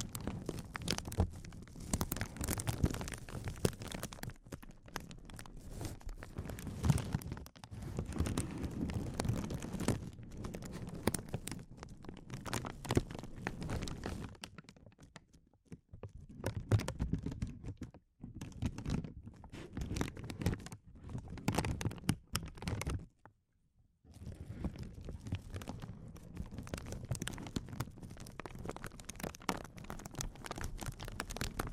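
Sensitive crinkles: dense, crackly rustling of crumpling material that comes in uneven bursts and swells, with tiny sharp ticks throughout. The handling pauses briefly around 15 seconds and again near 23 seconds, where it drops almost to silence before the crinkling resumes.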